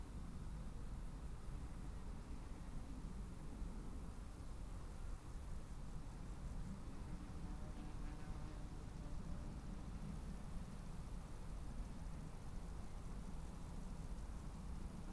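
A summer meadow at a woodland edge gives off a steady, dense wash of sound that barely changes across the fifteen seconds. A low, rumbling hum runs underneath, like far-off traffic, with a fine hiss above and a few faint tonal streaks around eight seconds.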